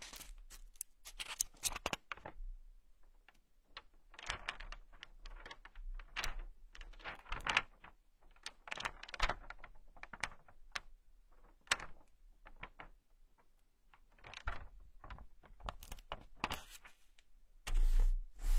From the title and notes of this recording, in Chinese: 翻书声。纸音。